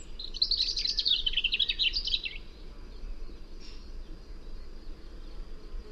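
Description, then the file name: European robin song, one high tinkling phrase of quick varied notes, rising and falling, lasting about two seconds, then quiet with a low steady background hum. "Erithacus rubecula"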